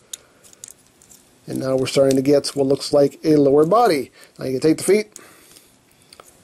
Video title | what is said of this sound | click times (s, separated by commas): MP-20 Masterpiece WHEELJACK | and this tab right here we'll tab in so the slot right there so just right down that'll lock into place | 0.1 s